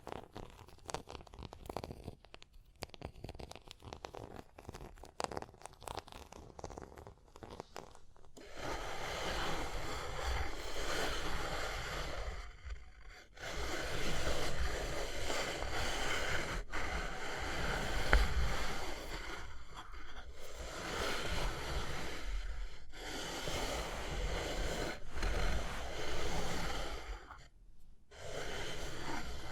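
Tapping and scratching: the first eight seconds bring scattered sharp taps and brief scrapes with gaps between them. Then a dense, hissing scratch runs almost continuously, breaking off in short pauses near 13, 20 and 27 seconds before resuming.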